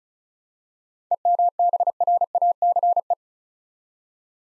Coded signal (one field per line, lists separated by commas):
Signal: Morse code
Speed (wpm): 36 wpm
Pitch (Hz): 700 Hz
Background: none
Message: EMBRACE